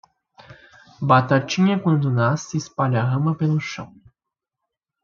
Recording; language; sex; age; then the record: short text; Brazilian Portuguese; male; 20 to 29 years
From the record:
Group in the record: control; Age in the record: 24 years